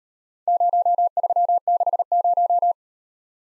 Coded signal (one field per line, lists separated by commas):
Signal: Morse code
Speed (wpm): 37 wpm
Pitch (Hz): 700 Hz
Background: none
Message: 0360